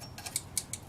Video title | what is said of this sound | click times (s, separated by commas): V Twin Drift Trike (Part 2) | it's clicking. We're good. | 0.6 s